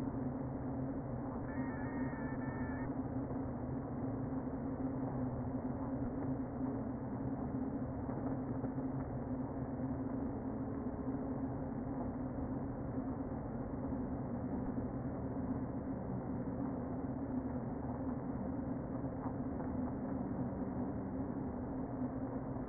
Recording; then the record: honeybee colony, microphone inside the hive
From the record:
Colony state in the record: queen present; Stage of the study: before two queens were removed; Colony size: about 60,000 bees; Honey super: yes